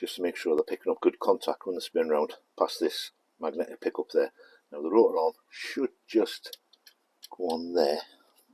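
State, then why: Not seated. Someone talks while handling a rotor arm at the distributor spindle of a classic car engine, whose edge teeth have been cleaned so they make good contact as they spin past a magnetic pickup. Faint ticks sit under the talk, but the rotor arm has not yet been pushed home onto the spindle, and nothing has seated or clicked by the end of the clip.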